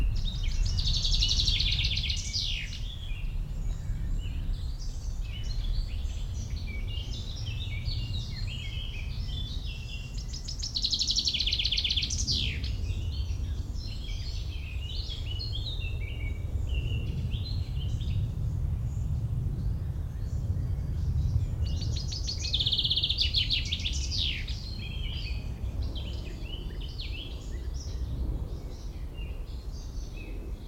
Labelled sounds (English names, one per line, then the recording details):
Hooded Crow call
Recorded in the wild
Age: adult
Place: Botanische Anlage Blankenfelde, Berlin, DE
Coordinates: 52.603, 13.4
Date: 1993-05-30
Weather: heiter, 18-21°C
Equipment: Marantz CP 430, Sennheiser ME 80, Kopie Uher Variocord 263
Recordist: Tembrock, Günter